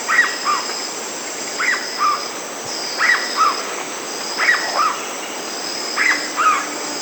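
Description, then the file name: Black-bellied cuckoo calling repeatedly in paired notes, a sharp upper element followed by a lower slurred one, about every one and a half seconds against insect hum. Brazil and Bolivia. "Black-bellied Cuckoo (Piaya melanogaster), Brazil, Bolivia"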